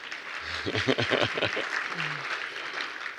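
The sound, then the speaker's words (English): A short burst of audience clapping for a volunteer, a quick run of sharp claps lasting about a second, then a lingering murmur of crowd noise with a brief low voice. “Tell him clap for you.”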